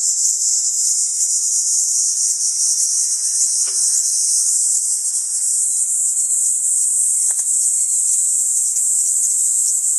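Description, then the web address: Kaempfer cicada song as a sustained shrill buzz. "ニイニイゼミ. arpla 自然音研究室"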